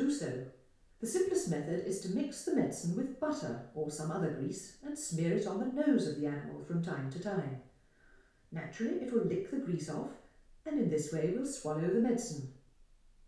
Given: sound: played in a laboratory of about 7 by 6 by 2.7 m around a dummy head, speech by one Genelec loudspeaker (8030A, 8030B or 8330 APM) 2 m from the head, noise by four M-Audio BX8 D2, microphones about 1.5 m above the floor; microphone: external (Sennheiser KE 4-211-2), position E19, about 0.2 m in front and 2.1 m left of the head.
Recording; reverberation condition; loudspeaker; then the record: female speech in English; medium; 30 degrees to the left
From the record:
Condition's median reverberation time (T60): about 510 ms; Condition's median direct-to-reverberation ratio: about -0.5 dB